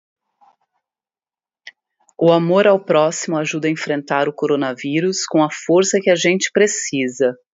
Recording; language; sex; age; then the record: spoken sentence; Brazilian Portuguese; female; 50 to 59 years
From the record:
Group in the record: control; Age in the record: 50 years